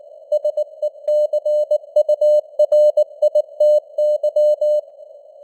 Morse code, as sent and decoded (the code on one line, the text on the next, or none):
... . -.-. ..- .-. .. - -.--
SECURITY